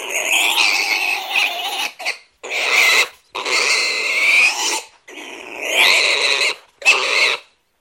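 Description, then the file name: Pig squealing: loud, harsh, raspy screams in several bursts of under one to two seconds each, broken by brief silences. Sow. "truie cri"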